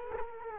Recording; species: mosquito wingbeat signal from an infrared sensor; Culex quinquefasciatus